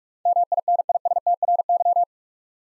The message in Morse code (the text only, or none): MINISTRY